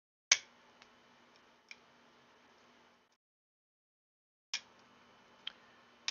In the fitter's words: make sure that it snaps into place